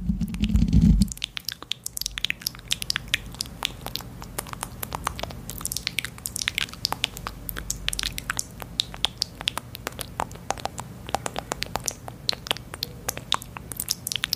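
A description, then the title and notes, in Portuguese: Wet mouth sounds with small clicks and smacks, dense, popping irregularly throughout. After a brief low thump in the first second, the sticky clicks carry on quickly and unevenly, with a soft low hum underneath. Um ASMR focando em sons de boca molhados e estalinhos para promover relaxamento intenso e arrepios.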